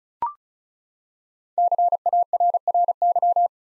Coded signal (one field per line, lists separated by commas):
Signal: Morse code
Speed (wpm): 36 wpm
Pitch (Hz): 700 Hz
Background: none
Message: CARRY